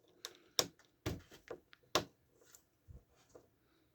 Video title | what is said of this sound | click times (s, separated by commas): 109. Légendaire Chevalier Noir | on entendu le petit clipse, c'est que c'est bon. | 2.0 s